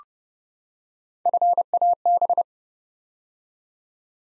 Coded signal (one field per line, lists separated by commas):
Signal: Morse code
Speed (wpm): 29 wpm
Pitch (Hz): 700 Hz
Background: none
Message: FAB